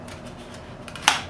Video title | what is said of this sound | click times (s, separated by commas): Mounting the GWS 5 X 4.3 Prop on the Park Zone Sukhoi 26M & stuff | it just snaps right in place place now this isn't something I thought of many people have been using magnets | 1.1 s